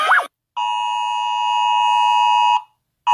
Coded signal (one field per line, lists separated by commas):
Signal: Emergency Alert System (SAME) tones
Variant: 853 and 960 Hz attention tone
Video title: Rating Eas Alrms Part ! (Read decs)